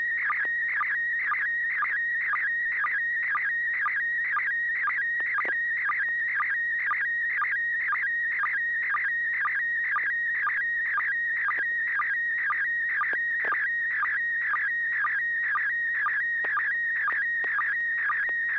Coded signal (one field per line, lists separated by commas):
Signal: SSTV (slow-scan television)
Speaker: yes uh you do have a town go right ahead okay